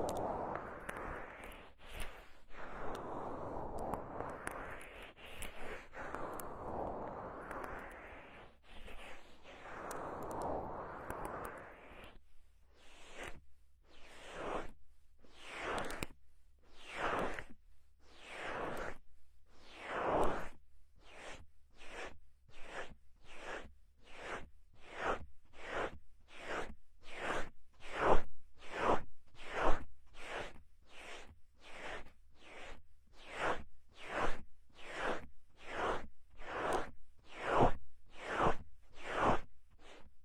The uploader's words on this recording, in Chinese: 放松按摩耳朵。